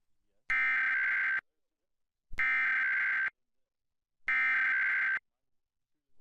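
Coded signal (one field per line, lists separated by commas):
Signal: Emergency Alert System (SAME) tones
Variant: header bursts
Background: speech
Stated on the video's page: National EAS test aired on a Fox TV station, recorded via DirecTV.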